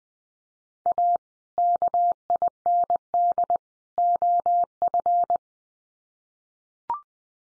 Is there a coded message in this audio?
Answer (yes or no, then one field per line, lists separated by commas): yes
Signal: Morse code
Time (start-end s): 0.9-5.4 s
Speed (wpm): 19 wpm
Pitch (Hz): 700 Hz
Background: none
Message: A KIND OF